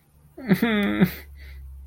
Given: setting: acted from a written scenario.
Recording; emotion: vocal sound without words; sadness